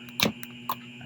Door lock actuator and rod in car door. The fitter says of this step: Ayan. So naka-lock na siya.